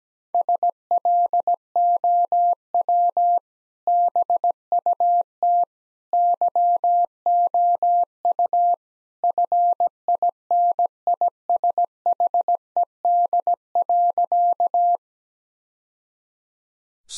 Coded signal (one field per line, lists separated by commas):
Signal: Morse code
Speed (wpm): 17 wpm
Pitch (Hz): 700 Hz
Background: none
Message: SLOW BUT YOU FINISHED.